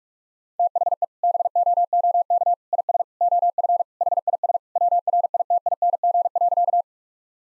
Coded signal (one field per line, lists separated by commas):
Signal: Morse code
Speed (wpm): 46 wpm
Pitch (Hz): 700 Hz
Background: none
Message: THE BOOK IS OF HIS WRITING.